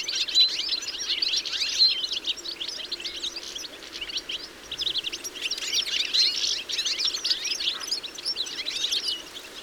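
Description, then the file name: European goldfinch twittering, continuous high tinkling chirps rising and falling in intensity throughout. "Carduelis carduelis"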